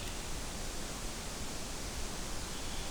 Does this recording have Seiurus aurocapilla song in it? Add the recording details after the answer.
no. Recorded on 23 June 2016 at 08:31. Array SBT-6-76